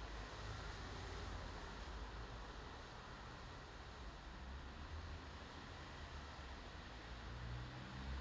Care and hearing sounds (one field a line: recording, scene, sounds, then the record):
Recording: everyday scene through a hearing-aid microphone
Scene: in traffic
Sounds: traffic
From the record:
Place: bus stop on a city main road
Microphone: in the ear canal, left